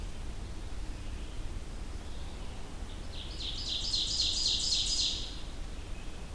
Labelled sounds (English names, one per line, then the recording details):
Ovenbird song
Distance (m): 35 m
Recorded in boreal forest in Alberta, Canada, on 23 June 2016 at 07:02
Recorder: SongMeter 3, array SBT-6-76
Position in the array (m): 12 m, 98 m
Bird 2